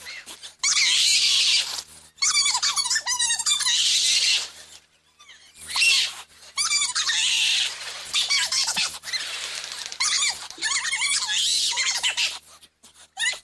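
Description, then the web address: Bobcat calls, bursts of trembling, wavering squeals with strong hissy noise, repeated in several loud stretches with silent breaks between. "doublenight bobcat"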